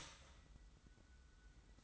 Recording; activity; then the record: daily activity, microphone in the room; start toaster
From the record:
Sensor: 3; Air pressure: 990.6 hPa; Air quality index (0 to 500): 157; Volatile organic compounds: 701 ppm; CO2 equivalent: 5043 ppm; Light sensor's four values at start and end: 39/92/37/35 and 39/92/37/35